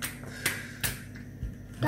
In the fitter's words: I heard it clicking. Good.